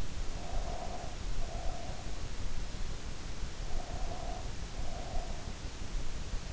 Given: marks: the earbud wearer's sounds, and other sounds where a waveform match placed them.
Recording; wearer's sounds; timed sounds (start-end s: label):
sounds in sleep by an in-ear microphone; breath
0.38-2.17 s: breath
3.70-5.54 s: breath